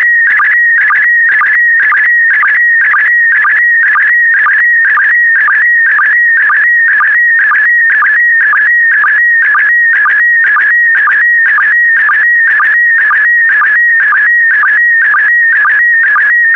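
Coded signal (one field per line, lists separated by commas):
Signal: SSTV (slow-scan television)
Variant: PD120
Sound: warbling, buzzy tone scanning steadily with a short low sync chirp about twice per second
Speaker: Five, four, three, two, one. Thank you. Transmission complete. You can now check your decoded image against the picture that is shown on the video.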